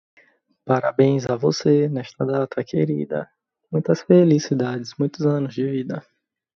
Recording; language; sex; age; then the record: short text; Brazilian Portuguese; male; 20 to 29 years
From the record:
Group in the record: control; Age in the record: 29 years